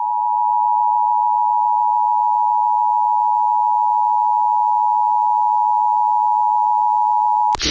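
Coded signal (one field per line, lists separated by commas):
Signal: Emergency Alert System (SAME) tones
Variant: 853 and 960 Hz attention tone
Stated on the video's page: Real EAS SAME alerts personally captured in the Deep South.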